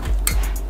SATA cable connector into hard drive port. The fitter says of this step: all right and it snaps in